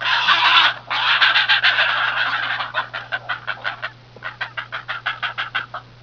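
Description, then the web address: Heron calls: a harsh, drawn-out squawk, then a run of rough, rapid croaking pulses, over a low steady hum. "cri du heron. le heron de la fontaine"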